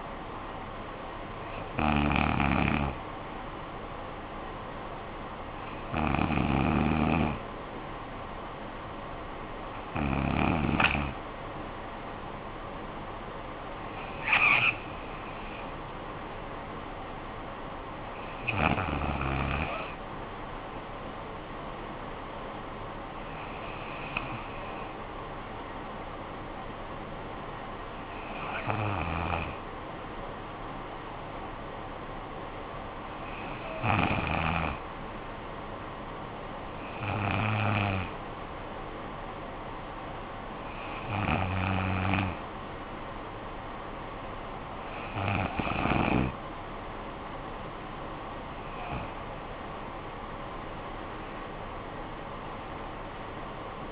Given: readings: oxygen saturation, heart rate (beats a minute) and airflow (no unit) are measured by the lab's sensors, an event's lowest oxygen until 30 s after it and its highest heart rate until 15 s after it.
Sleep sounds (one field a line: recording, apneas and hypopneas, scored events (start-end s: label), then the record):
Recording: breathing in sleep by a voice recorder at the bedside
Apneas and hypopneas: none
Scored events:
22.00-52.00 s: new sleep stage, N3 (deep sleep)
52.00-53.91 s: new sleep stage, N2 (light sleep)
From the record:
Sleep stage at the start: N2 (light sleep)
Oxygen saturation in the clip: 93 to 95%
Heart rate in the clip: 51 to 67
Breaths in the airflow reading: 12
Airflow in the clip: -12.3 to 10.0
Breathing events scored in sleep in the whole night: 445 in 7.6 hours asleep